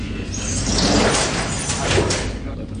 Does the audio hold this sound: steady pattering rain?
no